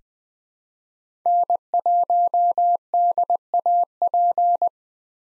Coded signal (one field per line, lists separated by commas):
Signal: Morse code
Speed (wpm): 20 wpm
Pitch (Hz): 700 Hz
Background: none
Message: N1DAP